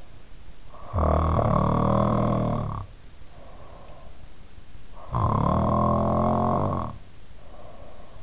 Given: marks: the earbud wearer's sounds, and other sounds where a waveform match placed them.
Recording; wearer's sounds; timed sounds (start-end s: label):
sounds in sleep by an in-ear microphone; snoring breath
0.63-4.24 s: snoring breath
4.75-8.23 s: snoring breath